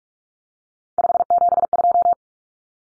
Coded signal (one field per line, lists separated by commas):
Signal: Morse code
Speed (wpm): 44 wpm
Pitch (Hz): 700 Hz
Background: none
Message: 572